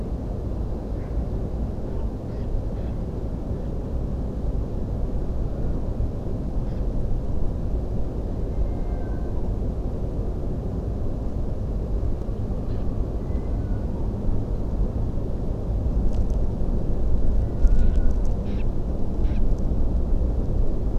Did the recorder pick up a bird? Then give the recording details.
yes. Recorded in France